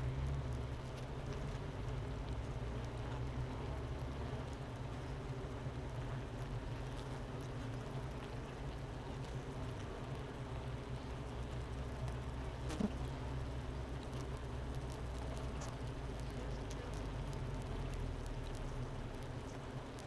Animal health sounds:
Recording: honeybee colony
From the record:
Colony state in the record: missing queen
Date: 31 May 2018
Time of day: 10:36

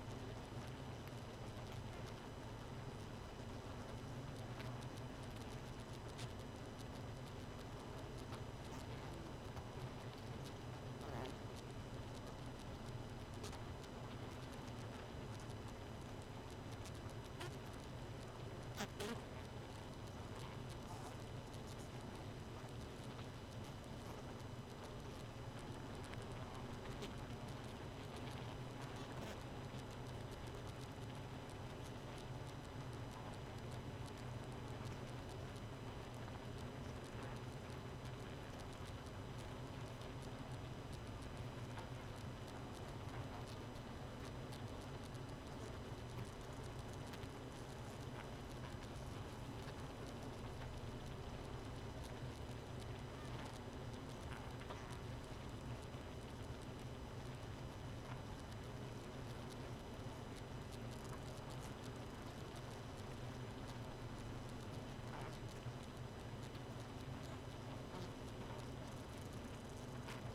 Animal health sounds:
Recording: honeybee colony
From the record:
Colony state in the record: missing queen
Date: 31 May 2018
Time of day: 0:42

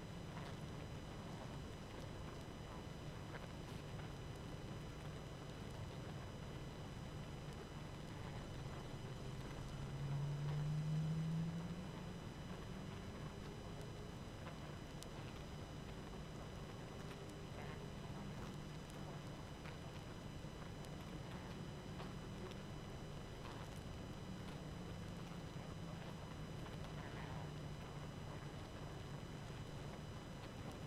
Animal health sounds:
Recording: honeybee colony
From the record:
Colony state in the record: active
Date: 12 June 2018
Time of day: 21:04

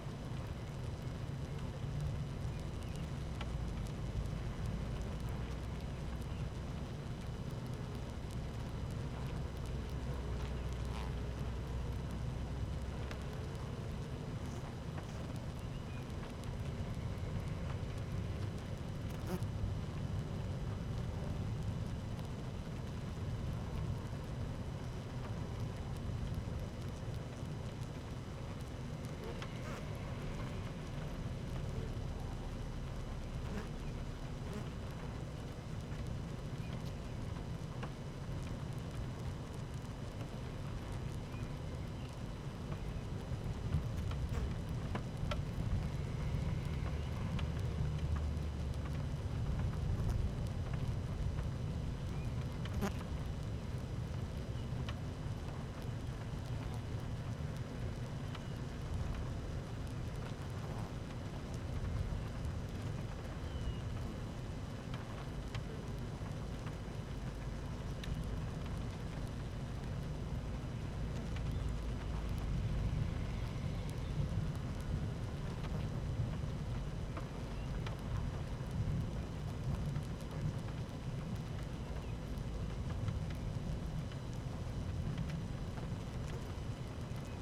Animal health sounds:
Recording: honeybee colony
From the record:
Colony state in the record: active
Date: 12 June 2018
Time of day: 13:17

